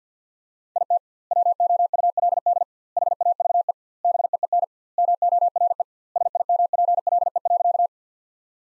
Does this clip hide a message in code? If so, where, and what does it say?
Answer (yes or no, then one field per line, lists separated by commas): yes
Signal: Morse code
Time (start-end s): 0.8-7.9 s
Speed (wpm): 50 wpm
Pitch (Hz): 700 Hz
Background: none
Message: IT WOULD HAVE BEEN MORE SIMPLE.